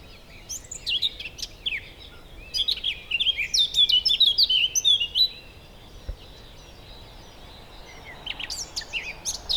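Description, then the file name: Eurasian blackcap song: fast, varied warbling phrases of high twittering notes, densest between three and five seconds, with a short chattering burst near the end. "Sylvia atricapilla"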